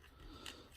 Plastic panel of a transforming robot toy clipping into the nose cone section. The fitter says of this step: it's a little bit more tricky doing the second one okay so that's clicked into place there